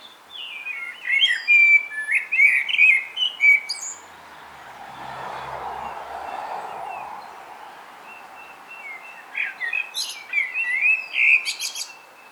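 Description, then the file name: Common blackbird giving two bursts of mellow warbling ending in high twittering, separated by a quieter stretch of low background rumble. "Turdus merula"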